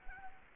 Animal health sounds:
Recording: mosquito wingbeat signal from an infrared sensor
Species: Culex quinquefasciatus

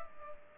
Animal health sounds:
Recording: mosquito wingbeat signal from an infrared sensor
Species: Culex pipiens

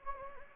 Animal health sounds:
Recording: mosquito wingbeat signal from an infrared sensor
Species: Anopheles gambiae

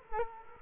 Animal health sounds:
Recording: mosquito wingbeat signal from an infrared sensor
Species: Culex quinquefasciatus

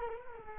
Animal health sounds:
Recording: mosquito wingbeat signal from an infrared sensor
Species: Culex quinquefasciatus

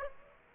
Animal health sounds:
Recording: mosquito wingbeat signal from an infrared sensor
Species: Aedes aegypti

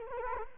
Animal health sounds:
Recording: mosquito wingbeat signal from an infrared sensor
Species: Culex quinquefasciatus

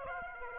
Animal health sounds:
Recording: mosquito wingbeat signal from an infrared sensor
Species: Aedes aegypti

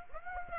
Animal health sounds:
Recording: mosquito wingbeat signal from an infrared sensor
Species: Aedes aegypti

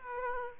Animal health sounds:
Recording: mosquito wingbeat signal from an infrared sensor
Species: Aedes aegypti

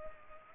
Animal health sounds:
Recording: mosquito wingbeat signal from an infrared sensor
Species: Culex pipiens

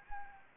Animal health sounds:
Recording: mosquito wingbeat signal from an infrared sensor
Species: Anopheles gambiae

